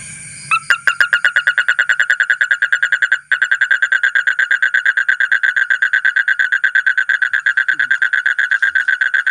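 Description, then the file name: Asian common toad starts a rapid pulsed trill after a moment of low noise and keeps it going steadily, with one short dip early on. "suara kodok bangkong kolong kodok buduk"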